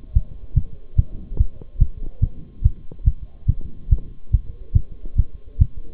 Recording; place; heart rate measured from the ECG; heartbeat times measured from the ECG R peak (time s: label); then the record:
heart sounds by stethoscope; between the tricuspid and mitral areas; 143 bpm
0.15 s: heartbeat
0.56 s: heartbeat
0.98 s: heartbeat
1.39 s: heartbeat
1.81 s: heartbeat
2.22 s: heartbeat
2.64 s: heartbeat
3.06 s: heartbeat
3.48 s: heartbeat
3.91 s: heartbeat
4.33 s: heartbeat
4.75 s: heartbeat
5.18 s: heartbeat
5.61 s: heartbeat
From the record:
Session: Bruce protocol treadmill stress test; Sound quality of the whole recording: partially saturated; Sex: male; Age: 23 years